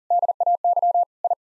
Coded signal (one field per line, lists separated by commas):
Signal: Morse code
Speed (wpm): 40 wpm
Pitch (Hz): 700 Hz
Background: none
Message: DAY I